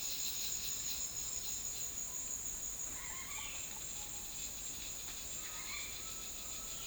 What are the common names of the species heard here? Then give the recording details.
Red-bellied Macaw. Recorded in dense forest near Puerto Asís, Putumayo, Colombia, on 20 February 2024 at 17:30. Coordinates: 0.502, -76.324. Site G6370